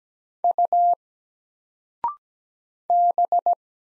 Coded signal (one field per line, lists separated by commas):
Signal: Morse code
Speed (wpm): 17 wpm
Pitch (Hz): 700 Hz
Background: none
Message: U B